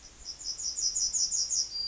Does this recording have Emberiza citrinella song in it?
yes